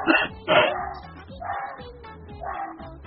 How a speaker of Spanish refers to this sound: ¿Qué le pasa al Chucho? Wow. Sí, es que no para de ladrar, no sé, pero no sé cómo lo estáis oyendo porque yo apenas lo oigo.